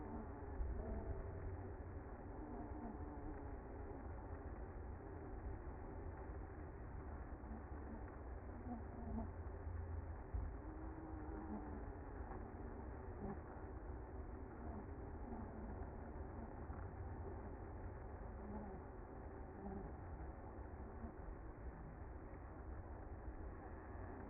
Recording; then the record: honeybee colony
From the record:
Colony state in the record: active